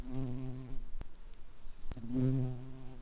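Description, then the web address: White-tailed bumblebee buzzing: a low droning hum rich in overtones, in two bursts separated by a quieter gap with a couple of sharp clicks. Queen white-tailed bumblebees. "bumblebees Lucorum-queens"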